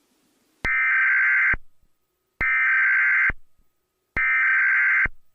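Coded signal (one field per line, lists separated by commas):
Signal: Emergency Alert System (SAME) tones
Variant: header bursts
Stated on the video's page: Fictional EAS scenario about a giant tornado.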